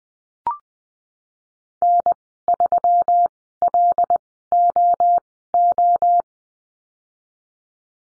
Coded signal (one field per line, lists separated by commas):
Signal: Morse code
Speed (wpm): 19 wpm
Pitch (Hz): 700 Hz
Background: none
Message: N3LOO